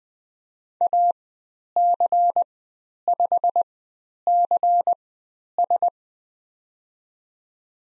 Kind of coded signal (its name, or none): Morse code